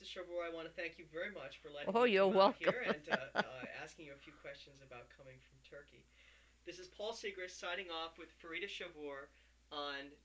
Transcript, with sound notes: Chavoor, I want to thank you very much for letting me come here, and...
Oh, you're welcome. ( she laughs )
And asking a few questions about coming from Turkey. This is Paul Sigrist, signing off, with Farida Chavoor, on